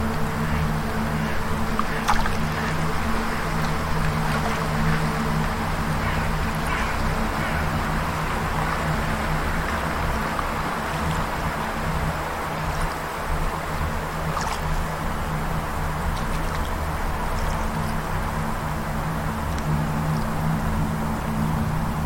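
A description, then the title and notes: A steady ambient bed of wind and water runs throughout, with a low constant hum and sustained tones underneath. Brief brighter chirps and clicks, possibly birds or frogs, pop up sporadically, notably around two and fifteen seconds. Ambient Music and Melodic Sounds of Wind, Birds, Water, and Frogs.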